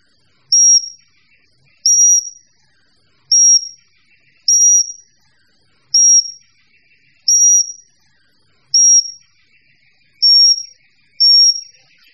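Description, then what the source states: Bird sounding a sharp, high whistled note nine times at a steady pace, while soft twittering from other birds is heard faintly in the gaps. Mixed birds calling together.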